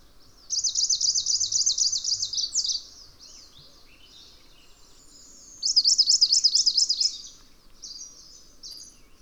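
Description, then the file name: Bird song: two bursts of rapid, high, thin trilling, each lasting about one and a half to two and a half seconds, separated by a pause of about three seconds, with a brief softer trill at the end. "obscuratus song"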